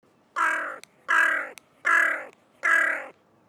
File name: Corvus corone